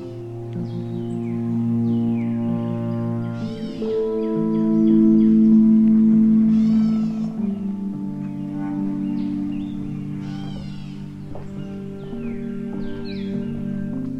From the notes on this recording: The Corkscrew Swamp Sanctuary boardwalk leads visitors through a gentle and pristine wetland wilderness.